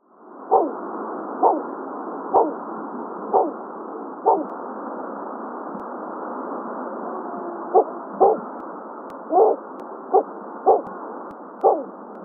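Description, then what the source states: Bulwer's petrel giving low, hollow, woofing notes, repeated roughly once a second with a gap of about three seconds midway, about eleven calls in all, over a steady hiss. Recorded on Maui, Hawaii, in August 2026.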